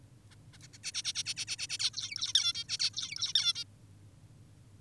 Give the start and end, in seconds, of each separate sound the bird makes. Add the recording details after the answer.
0.31-0.36, 0.53-0.58, 0.63-0.68, 0.73-0.78, 0.84-0.92, 0.94-1.02, 1.04-1.13, 1.15-1.24, 1.26-1.34, 1.37-1.45, 1.48-1.56, 1.59-1.67, 1.69-1.78, 1.80-1.90, 1.94-2.33, 2.35-2.53, 2.55-2.64, 2.69-2.77, 2.80-2.90, 2.94-3.33, 3.35-3.54, 3.55-3.64. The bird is an adult. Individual g19o10U